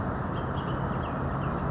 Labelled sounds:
Bullock's Oriole (Icterus bullockii)

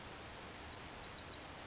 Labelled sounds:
Bewick's Wren (Thryomanes bewickii)

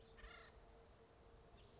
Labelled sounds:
Acorn Woodpecker (Melanerpes formicivorus)

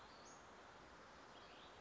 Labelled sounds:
Western Flycatcher (Empidonax difficilis)

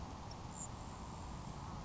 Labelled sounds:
Grasshopper Sparrow (Ammodramus savannarum)

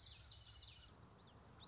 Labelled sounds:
Common Yellowthroat (Geothlypis trichas)

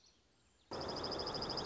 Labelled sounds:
Dark-eyed Junco (Junco hyemalis)

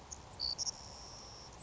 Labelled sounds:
Savannah Sparrow (Passerculus sandwichensis)

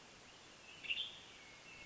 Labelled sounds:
Western Tanager (Piranga ludoviciana)

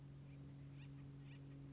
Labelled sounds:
Acorn Woodpecker (Melanerpes formicivorus)

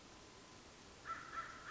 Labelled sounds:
American Crow (Corvus brachyrhynchos)

